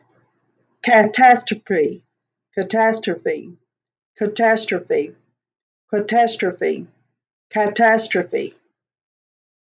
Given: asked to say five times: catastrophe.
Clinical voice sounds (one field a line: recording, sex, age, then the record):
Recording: repeated word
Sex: female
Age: 60 to 69 years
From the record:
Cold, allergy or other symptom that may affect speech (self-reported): no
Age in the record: 68 years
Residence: Tennessee, United States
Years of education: 12